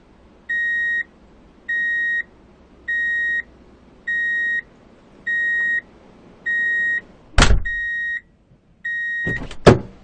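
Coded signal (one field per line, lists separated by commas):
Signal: alarm pattern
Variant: vehicle reversing alarm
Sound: eight steady high beeps, each half a second, about 1.2 seconds apart, with two thuds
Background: vehicle thumps, low rumble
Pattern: 8 short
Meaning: The vehicle is driving in reverse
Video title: 교통수단 소리, Traffic Sound effect, Drive in Reverse Beep Alert, 1분 15초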